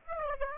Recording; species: mosquito wingbeat signal from an infrared sensor; Aedes aegypti